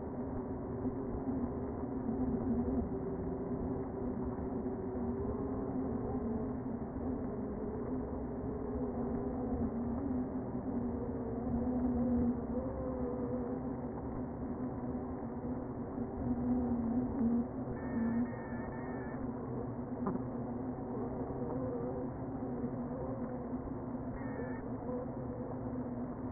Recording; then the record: honeybee colony, microphone inside the hive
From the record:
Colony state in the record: queen present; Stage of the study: before two queens were removed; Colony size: about 60,000 bees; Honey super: yes